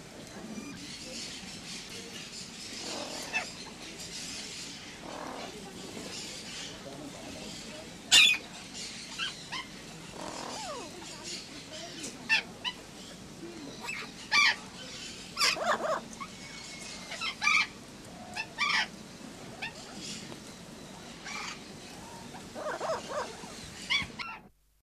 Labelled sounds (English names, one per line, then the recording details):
Turquoise-fronted Amazon call
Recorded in captivity
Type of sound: call
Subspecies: xanthopteryx
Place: Vogelpark Walsrode, Niedersachsen, DE
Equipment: Halbspur, 9,5 cm/s
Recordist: Lütgens, Hans
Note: Rufe